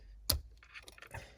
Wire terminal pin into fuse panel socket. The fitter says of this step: And that should click into place as well.